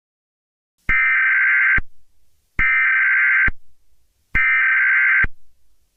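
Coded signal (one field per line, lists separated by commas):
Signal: Emergency Alert System (SAME) tones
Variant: header bursts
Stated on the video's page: Fictional EAS scenario, not a real alert.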